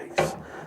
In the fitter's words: quite nicely snaps in place there you need to snap those in place